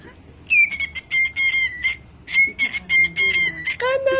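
Cockatiel producing a series of raspy, falling screeches in two runs, ending with a rougher, lower note.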